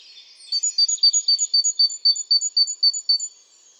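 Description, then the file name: Great tit giving a brisk series of high, clipped notes at a regular pace of about four per second, lasting close to three seconds. "Parus major"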